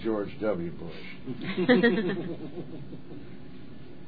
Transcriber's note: laughs